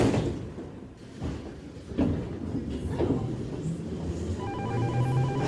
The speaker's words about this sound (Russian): Осторожно, двери закрываются.